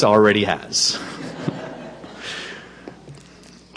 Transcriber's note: laughter